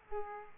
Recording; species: mosquito wingbeat signal from an infrared sensor; Aedes aegypti